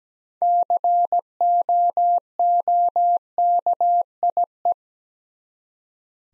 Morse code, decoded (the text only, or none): COOKIE